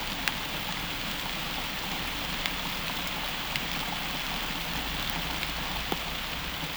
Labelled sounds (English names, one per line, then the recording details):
none
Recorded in pastures near Puerto Asís, Putumayo, Colombia, on 26 December 2024 at 11:30
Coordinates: 0.472, -76.329
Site G072